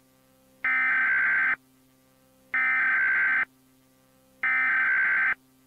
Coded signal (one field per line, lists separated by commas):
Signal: Emergency Alert System (SAME) tones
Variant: header bursts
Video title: The Christmas Storm (EAS SCENARIO) (CHRISTMAS SPECIAL) | Fred2012